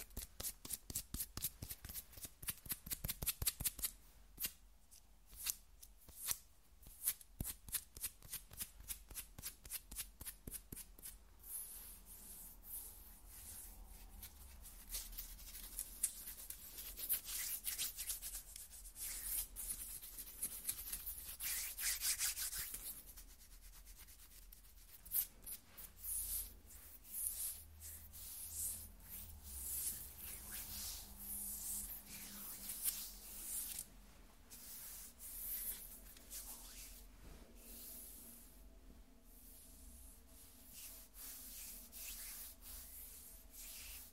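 Fingernails scratch across skin in quick, dry strokes, crisp and hissing up high. The scratching starts as rapid ticking bursts in the first few seconds, then thickens into denser rubbing that peaks around 15 to 23 seconds before settling into steadier, softer scraping with a low hum beneath.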